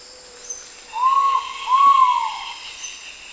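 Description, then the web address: Ivory-breasted pitta giving a double whistled call, two rounded, slightly rising-then-falling notes in quick succession over a constant high insect drone. Recorded in Indonesia. "ULM-DS-Lab indonesian-bird-sounds. Pitta maxima"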